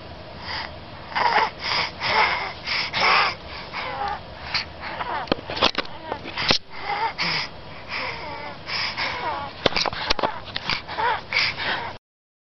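Quick, repeated noisy breaths carry high, musical whistling tones that rise and fall with each breath, with some sharper squeaky bursts in between. This is wheezing in a baby, a sign of narrowed airways.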